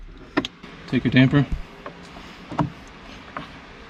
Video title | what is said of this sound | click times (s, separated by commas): How to Change Cabin Air Filter on Ford Explorer 2020 - 2026 | Next, we're just going to push the glove box back up into place till you hear it click. | 0.4 s